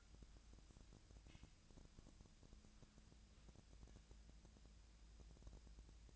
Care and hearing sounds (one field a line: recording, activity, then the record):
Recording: daily activity, microphone in the room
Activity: wipe stove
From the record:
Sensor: 2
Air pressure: 1000.3 hPa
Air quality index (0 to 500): 168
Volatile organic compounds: 3 ppm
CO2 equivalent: 1396 ppm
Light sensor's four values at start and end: 11/28/12/12 and 11/27/12/12